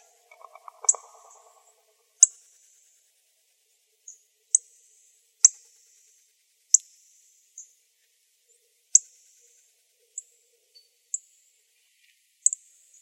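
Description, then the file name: Northern cardinal chip calls: sharp, metallic high chips given at irregular intervals, with a brief lower rustling sound at the start. Calls recorded in Arizona on 27 December 2003. "NOCA CALLS. deviche"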